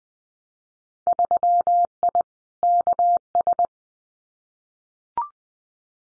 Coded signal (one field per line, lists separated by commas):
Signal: Morse code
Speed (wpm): 20 wpm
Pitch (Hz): 700 Hz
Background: none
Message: 3I KS